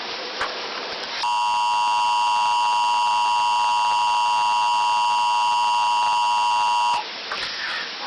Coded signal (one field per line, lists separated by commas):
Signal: Emergency Alert System (SAME) tones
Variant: 853 and 960 Hz attention tone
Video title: EAS with my own voice